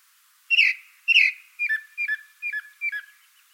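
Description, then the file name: Ring ouzel calls: two louder clipped whistled notes followed by four softer, similar notes, repeated roughly every half second, on a quiet background. "merle a plastron"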